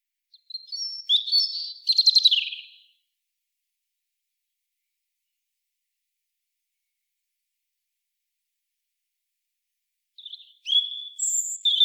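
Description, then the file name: European robin singing two short phrases of high, thin whistles and fast trills, separated by a long silence of about seven seconds. "Erithacus rubecula"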